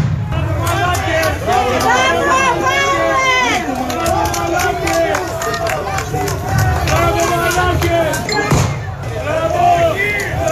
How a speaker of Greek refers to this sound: Περνούν οι αστυνομικοί και χειροκροτάει ο κόσμος. Το καταλάβατε, είναι μυτιλινιό το χειροκρότημα, γιατί χειροκροτάνε και σε άλλα νησιά και σε άλλες περιοχές.